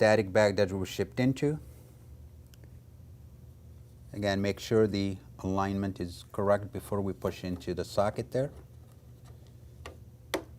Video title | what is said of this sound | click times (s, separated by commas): Front Fan Replacement for the NS7150, NS7250 and NS7350 | And press, you hear click, that fan is back in place. | 10.3 s